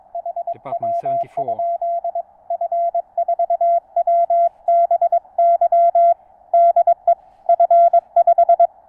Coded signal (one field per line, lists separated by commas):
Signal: Morse code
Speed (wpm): 22 wpm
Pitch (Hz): 680 Hz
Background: speech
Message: HW? F4WBY DE F5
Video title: NVIS Regional Radio Communications With Low-Slung Wire Antenna.